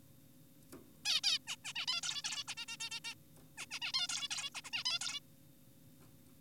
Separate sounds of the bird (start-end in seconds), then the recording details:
1.05-1.21, 1.24-1.39, 1.47-1.56, 1.65-1.73, 1.76-1.86, 1.88-2.01, 2.03-2.22, 2.24-2.44, 2.48-2.54, 2.58-2.66, 2.68-2.77, 2.80-2.90, 2.91-3.00, 3.04-3.14, 3.58-3.66, 3.71-3.80, 3.82-3.92, 3.94-4.08, 4.09-4.28, 4.31-4.50, 4.55-4.61, 4.64-4.70, 4.73-4.84, 4.86-4.99, 5.01-5.20. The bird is an adult. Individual g4p5U